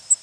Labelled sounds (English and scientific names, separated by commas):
Cape May Warbler (Setophaga tigrina) flight call